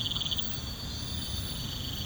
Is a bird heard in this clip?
no